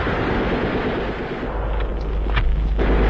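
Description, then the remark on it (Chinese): Gunfire, given as a signal along with butter-oil torches at Baletuojie, crackles over a steady, loud rumbling roar as a band of rioters is wiped out, with several sharp shots standing out in the second half, irregularly spaced amid the dense noise. “巴勒托杰的酥油火把和枪声，宣告的却是这批暴乱分子的全部覆灭。”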